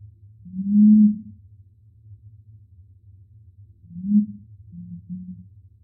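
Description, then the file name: Razor-billed curassow giving a deep, booming hum: one long low note near the start, then after a pause a shorter swelling hum and two brief low notes, over a steady low background drone. "Canto do mutum do norte"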